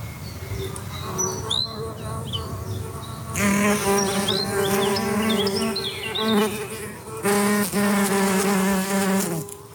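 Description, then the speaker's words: Red mason bee buzzing, a droning hum in two long bursts, from about three and a half seconds and again just after seven. Bees searching for nectar and pollen from flowering plants during this period. "Maar het geluid van de rosse metselbij komt in de buurt."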